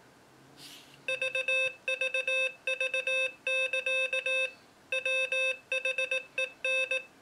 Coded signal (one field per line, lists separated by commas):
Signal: Morse code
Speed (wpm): 18 wpm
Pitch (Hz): 520 Hz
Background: none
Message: VVV<KA> WHEN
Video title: Morserino-32 Extended Review